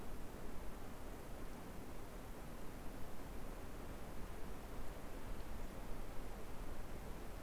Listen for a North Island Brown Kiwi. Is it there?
no